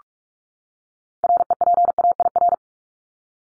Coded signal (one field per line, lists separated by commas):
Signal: Morse code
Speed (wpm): 44 wpm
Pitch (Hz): 700 Hz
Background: none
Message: REPAIR